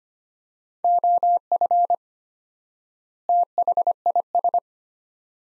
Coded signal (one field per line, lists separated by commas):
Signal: Morse code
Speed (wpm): 25 wpm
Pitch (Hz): 700 Hz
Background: none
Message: OF THIS